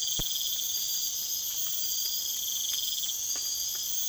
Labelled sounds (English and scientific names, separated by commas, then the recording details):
none
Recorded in secondary vegetation near Puerto Asís, Putumayo, Colombia, on 27 June 2025
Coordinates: 0.488, -76.319
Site G094